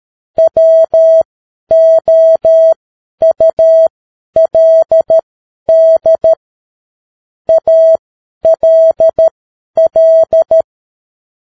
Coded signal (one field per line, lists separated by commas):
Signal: Morse code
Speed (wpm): 13 wpm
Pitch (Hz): 650 Hz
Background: none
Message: WOULD ALL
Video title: Morse Code 10 WPM: The Science of Getting Rich - Chapter 2